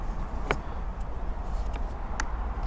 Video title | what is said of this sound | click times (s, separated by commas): WORX WG163E 18V (20V MAX) Cordless Grass Trimmer/strimmer with Command Feed Assembly and Review | slides onto there until you hear the little click. | 2.2 s